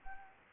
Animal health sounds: mosquito wingbeat signal from an infrared sensor; Anopheles arabiensis

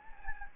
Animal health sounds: mosquito wingbeat signal from an infrared sensor; Anopheles gambiae

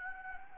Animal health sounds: mosquito wingbeat signal from an infrared sensor; Anopheles gambiae

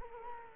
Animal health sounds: mosquito wingbeat signal from an infrared sensor; Culex quinquefasciatus

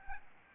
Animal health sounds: mosquito wingbeat signal from an infrared sensor; Aedes albopictus

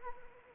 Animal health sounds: mosquito wingbeat signal from an infrared sensor; Anopheles arabiensis

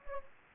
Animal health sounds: mosquito wingbeat signal from an infrared sensor; Anopheles gambiae

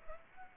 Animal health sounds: mosquito wingbeat signal from an infrared sensor; Aedes albopictus

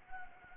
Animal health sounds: mosquito wingbeat signal from an infrared sensor; Anopheles gambiae

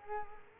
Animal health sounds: mosquito wingbeat signal from an infrared sensor; Culex quinquefasciatus

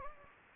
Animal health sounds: mosquito wingbeat signal from an infrared sensor; Anopheles gambiae

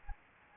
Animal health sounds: mosquito wingbeat signal from an infrared sensor; Anopheles gambiae

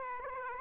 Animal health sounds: mosquito wingbeat signal from an infrared sensor; Aedes aegypti

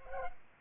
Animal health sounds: mosquito wingbeat signal from an infrared sensor; Culex pipiens

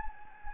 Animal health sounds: mosquito wingbeat signal from an infrared sensor; Anopheles gambiae

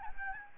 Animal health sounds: mosquito wingbeat signal from an infrared sensor; Aedes albopictus

